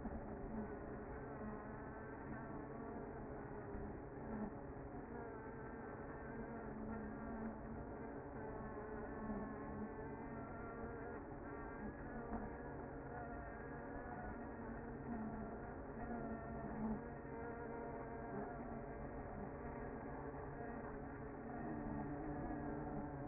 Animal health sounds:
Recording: honeybee colony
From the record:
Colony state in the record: active

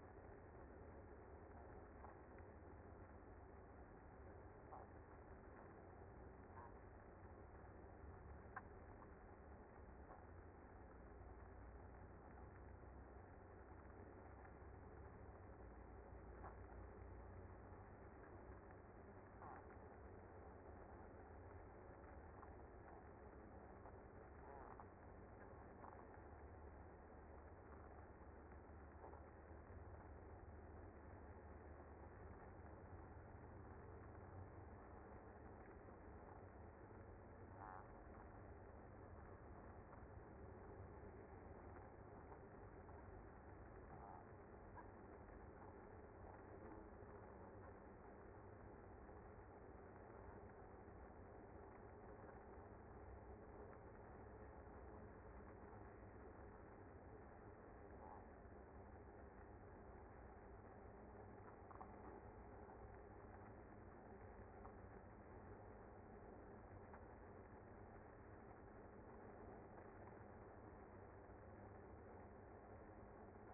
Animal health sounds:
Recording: honeybee colony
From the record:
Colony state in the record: active

